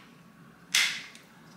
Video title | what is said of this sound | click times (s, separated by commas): Mon pépère se fait bichonner avec Ultenic P30 Combo Kit Toilettage Animaux 3 en 1 | Voilà, et ça s'enclenche tout seul. | 0.8 s